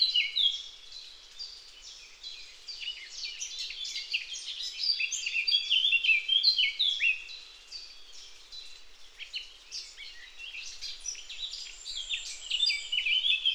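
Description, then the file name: Eurasian blackcap singing a long, rambling warble of quick scratchy and clear whistled notes, rising and falling in loudness in several bursts. "Sylvia atricapilla"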